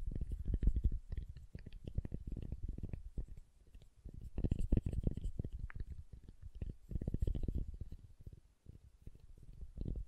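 Soft, muffled tapping on soap comes in fast, dense bursts of low thuds, briefly pausing around four seconds and again near nine.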